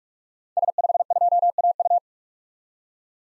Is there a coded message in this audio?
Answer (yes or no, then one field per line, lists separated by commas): yes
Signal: Morse code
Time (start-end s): 0.6-2.0 s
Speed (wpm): 47 wpm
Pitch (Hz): 700 Hz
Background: none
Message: S52AU